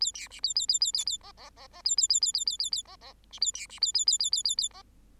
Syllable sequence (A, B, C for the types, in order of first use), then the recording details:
A B C A A A A A A D D D D A A A A A A A A D D C A B C A A A A A A A D. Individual Bird8